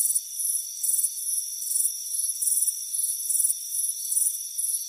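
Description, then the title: Crickets giving high, rasping chirp bursts at an uneven pace above a continuous thin drone of other insects. Crickets chirping on a warm afternoon on a front porch. "Soothing Crickets Chirping Sound"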